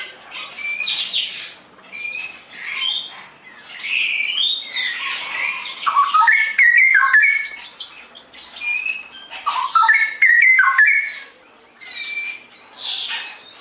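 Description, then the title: Straw-headed bulbul warbling in loud bursts of liquid whistles mixed with high-pitched twittering and squeaks. Masteran song-tutoring recording for caged birds; described as clear quality, cucak rowo 'ropel gacor' song style. "mster Mnuk. Masteran Burung CUCAK ROWO. Cucak Rowo Ropel Gacor"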